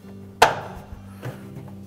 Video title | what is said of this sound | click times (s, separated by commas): Frigidaire Dryer Repair – How to replace the Blower Housing with Blower Wheel | we'll reinstall the locking device on the front hub press that down until it locks into place | 0.4 s